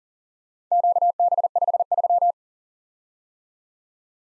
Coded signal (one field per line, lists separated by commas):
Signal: Morse code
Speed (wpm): 36 wpm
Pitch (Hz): 700 Hz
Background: none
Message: QB53